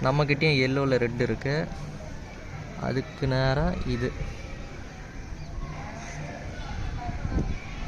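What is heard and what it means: A yellow-with-red wire terminal pin is being fitted into the matching position in the plastic connector block of a Pulsar 220F BS6 motorcycle control switch wiring during a switch change. Someone talks over faint background noise, and a few soft handling sounds follow near the end. Nothing has seated or clicked yet; the clip ends just before the terminal goes home.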